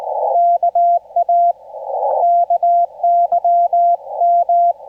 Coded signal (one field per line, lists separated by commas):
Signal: Morse code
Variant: Korean alphabet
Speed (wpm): 19 wpm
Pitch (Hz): 690 Hz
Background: none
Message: 오 엠